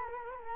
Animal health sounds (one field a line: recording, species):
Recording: mosquito wingbeat signal from an infrared sensor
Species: Culex quinquefasciatus